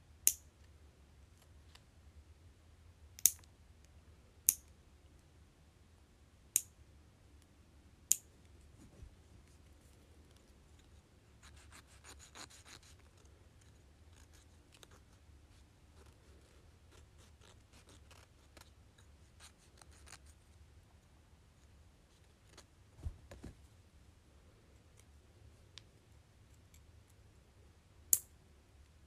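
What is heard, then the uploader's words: Fingernails being clipped: sharp, bright clicks come at about 0, 3, 4.5, 6.5 and 8 seconds, then again near 28 seconds. Around 12 to 16 seconds a soft rapid scratching suggests filing, over a low steady hum. ASMR Cutting and Filing my Nails.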